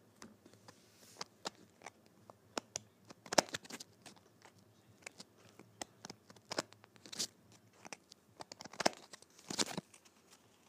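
Playing cards being handled: irregular sharp snaps and papery flicks, clustered in bursts every second or so, over a faint low hum.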